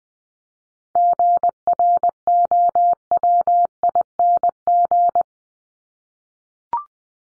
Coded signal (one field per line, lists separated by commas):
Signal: Morse code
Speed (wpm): 20 wpm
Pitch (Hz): 700 Hz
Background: none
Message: GROWING